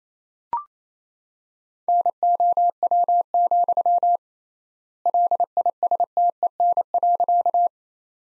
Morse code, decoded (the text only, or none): NOW, LISTEN.